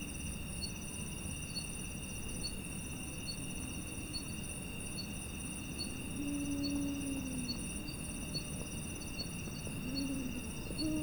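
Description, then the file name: Arabian eagle-owl hoots: low, mellow notes near six seconds and again toward the end, beneath a steady high insect trill and pulsing chirps. Five individuals hooting at dusk. "Arabian Eagle Owl Hooting Of Five Individuals At Dusk"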